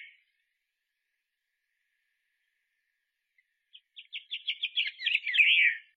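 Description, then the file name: Gran Canaria blue chaffinch song: a series of rattling notes that quickens and builds into a short flourish. "Canto do tentilhao azul da gran canaria"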